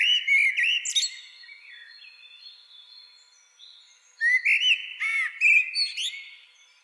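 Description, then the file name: Common blackbird singing two phrases about four seconds apart. Each has mellow warbled whistles and ends in high, scratchy twittering. Only faint sustained tones fill the quiet gap. "Turdus merula"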